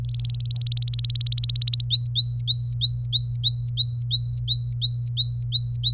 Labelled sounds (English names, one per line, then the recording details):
Domestic Canary song
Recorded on 27 April 2018 at 09:34
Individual llb3